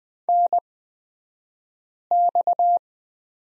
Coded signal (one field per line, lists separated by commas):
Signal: Morse code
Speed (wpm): 20 wpm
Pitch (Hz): 700 Hz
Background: none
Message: NX